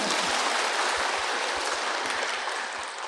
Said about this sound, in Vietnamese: Thiệt, cho một tràng pháo tay nữa.